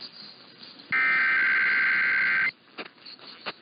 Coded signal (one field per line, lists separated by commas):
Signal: Emergency Alert System (SAME) tones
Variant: header bursts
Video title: St Patrick Day Weekend Tests (EAS #16870-16875) 3/16-17/24